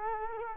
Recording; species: mosquito wingbeat signal from an infrared sensor; Culex quinquefasciatus